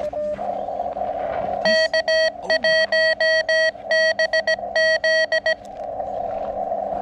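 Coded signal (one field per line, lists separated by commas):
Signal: Morse code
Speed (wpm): 17 wpm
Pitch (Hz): 1900 Hz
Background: radio noise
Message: K1BZ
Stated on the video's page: CW park activation (POTA), including park-to-park contacts, on a homemade base-loaded shortened vertical and an end-fed random wire.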